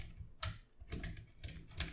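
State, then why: Not seated. Someone repeatedly pushes the small plastic triangular wedge tab of a Transformers War for Cybertron: Earthrise Sky Lynx toy toward its slot on the toy's body, trying to make the parts lock together. Sharp plastic clatters are heard at about 0.4, 1.0, 1.5 and 1.8 seconds, with low rumbling handling noise in between. Nothing has seated or clicked yet, and the wedge still fails to lock into the slot.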